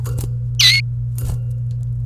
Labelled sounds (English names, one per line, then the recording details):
Domestic Canary song
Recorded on 28 April 2018 at 13:32
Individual llb3